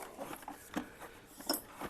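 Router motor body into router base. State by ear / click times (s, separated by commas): not seated / none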